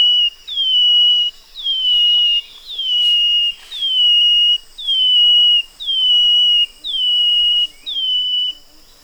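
Brown-headed greenlet calling with a steady series of downslurred whistles, roughly one per second, with a constant high-pitched buzz in the background.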